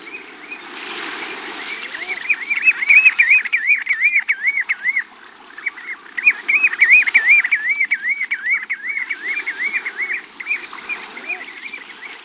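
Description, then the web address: Bird calls: rapid runs of wavering, slurred whistled notes at mid-high pitch, delivered in two long bouts with a brief pause between, over a faint low background hum. "Peterson North American Birds iso sound crpl"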